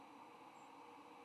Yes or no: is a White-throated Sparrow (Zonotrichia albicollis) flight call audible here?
yes